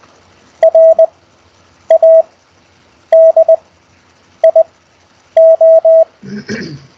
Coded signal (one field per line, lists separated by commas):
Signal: Morse code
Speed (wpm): 20 wpm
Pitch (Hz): 650 Hz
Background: none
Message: RADIO